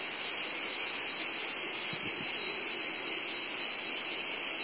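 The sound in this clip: Cicada giving a constant high-pitched whine, with a brief low thump near the middle.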